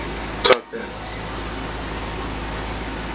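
An LG V20 in an OtterBox Defender rugged case is pushed, facing outward, into the case's plastic holster clip. It snaps home with two sharp clicks at 0.5 s and 0.5 s over a steady background hum, and the phone sits securely seated in the holster.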